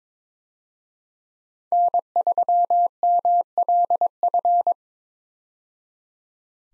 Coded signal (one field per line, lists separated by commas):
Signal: Morse code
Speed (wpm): 22 wpm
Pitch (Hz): 700 Hz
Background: none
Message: N3MLF